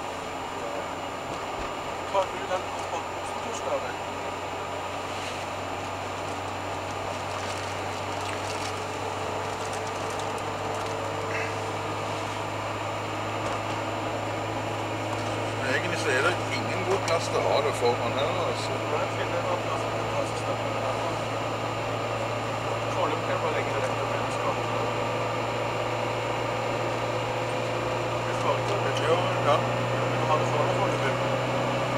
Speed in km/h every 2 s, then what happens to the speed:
46, 46, 47, 48, 48, 50, 52, 54, 54, 55, 56, 56, 57, 58, 60, 62.
0-32 speeds up to 62.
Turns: none.